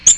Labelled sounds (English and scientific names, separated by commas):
Ovenbird (Seiurus aurocapilla) flight call